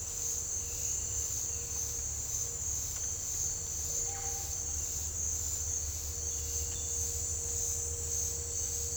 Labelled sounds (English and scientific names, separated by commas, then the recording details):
none
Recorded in dense forest near Puerto Asís, Putumayo, Colombia, on 26 December 2024 at 07:00
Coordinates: 0.485, -76.318
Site GP03